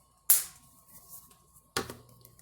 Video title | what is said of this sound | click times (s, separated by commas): Christmas comeback Kohl's Jurassic world exclusive set | and the tales do the tales are a one-time assembly they snap in place permanent link seems | 0.3 s